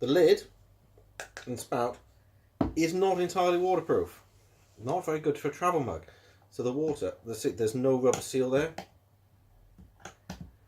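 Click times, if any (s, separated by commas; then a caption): none. Someone talks while pressing the spout cover on the plastic travel lid of an Oomph portable coffee maker, with short knocks at about 1.2, 1.4, 10.1 and 10.3 seconds. The spout has not clicked shut: it has no rubber seal and is not entirely waterproof.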